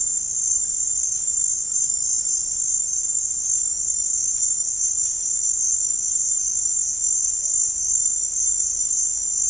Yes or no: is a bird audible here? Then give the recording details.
no. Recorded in pastures near Puerto Asís, Putumayo, Colombia, on 21 March 2025 at 17:00. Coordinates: 0.502, -76.324. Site GP07